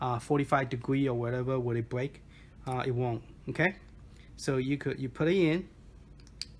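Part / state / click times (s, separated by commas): M.2 SSD into a USB enclosure slot / seated / 6.4 s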